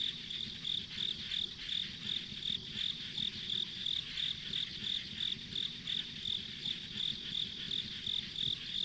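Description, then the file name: Insect chirping chorus, high pulses in a steady rhythm near three per second, backed by a continuous shrill hum. Ambient insect sounds recorded along a rural country road. "田舎道の虫の環境音"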